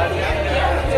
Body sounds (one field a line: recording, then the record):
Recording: background sound without coughing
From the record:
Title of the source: CITY SOUNDS Busy Bar in the Evening Night - 2 HOURS of Ambiance for Relaxation